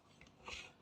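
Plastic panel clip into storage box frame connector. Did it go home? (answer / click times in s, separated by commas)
no / none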